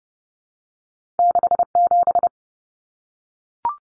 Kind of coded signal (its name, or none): Morse code